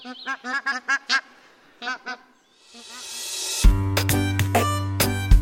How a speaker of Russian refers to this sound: А еще гуси гогочут, когда летят.